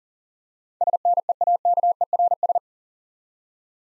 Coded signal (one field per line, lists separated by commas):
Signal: Morse code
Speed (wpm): 39 wpm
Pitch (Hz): 700 Hz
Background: none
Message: SNEAKERS